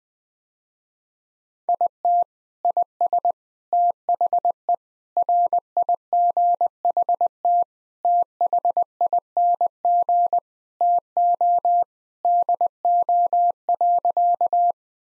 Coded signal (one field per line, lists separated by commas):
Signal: Morse code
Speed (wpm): 21 wpm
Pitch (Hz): 700 Hz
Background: none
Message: IT IS THE RIGHT THING TO DO.